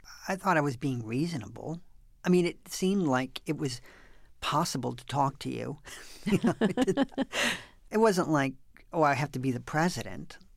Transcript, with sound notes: I thought I was being reasonable. I mean, it seemed like it was possible to talk to you.
(LAUGHTER)
It wasn't like oh, I have to be the president,